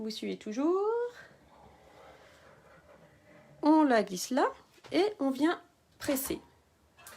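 A paper-covered button top and a small laminated piece are slid into a hand-operated craft button press while someone talks. The press is about to be pushed down to join the button parts, but nothing has seated or clicked yet.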